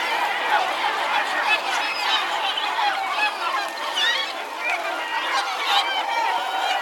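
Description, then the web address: Gulls crying: a thick mass of overlapping harsh calls, with some rising, squealing notes standing out above the steady din. "greenlandicbirds category gull"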